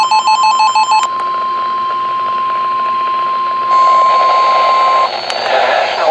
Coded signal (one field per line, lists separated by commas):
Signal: Emergency Alert System (SAME) tones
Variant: 1050 Hz attention tone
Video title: WORCESTER'S WAKE UP CALL... | EAS Alerts from 8/8/23 Morning Severe Weather Event (EAS #556-577)